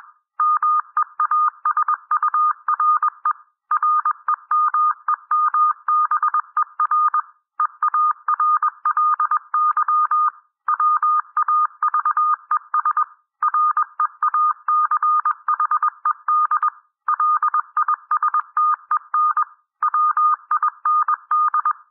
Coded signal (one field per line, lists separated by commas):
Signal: Morse code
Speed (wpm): 21 wpm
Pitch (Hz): 1220 Hz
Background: none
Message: MEASURE REMEMBER EARLY WAVES REACHED LISTEN WIND